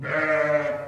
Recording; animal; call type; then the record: contact call of a hoofed animal; sheep; low-frequency (closed-mouth) or high-frequency (open-mouth) call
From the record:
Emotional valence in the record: negative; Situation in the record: short social isolation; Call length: 0.88 s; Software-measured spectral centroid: 1590 Hz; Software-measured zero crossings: 1810 a second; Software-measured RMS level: -24 dBFS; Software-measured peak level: -11 dBFS